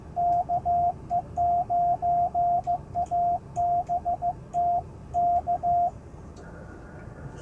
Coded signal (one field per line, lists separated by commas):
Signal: Morse code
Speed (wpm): 15 wpm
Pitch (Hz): 700 Hz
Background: radio noise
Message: KE9ABT K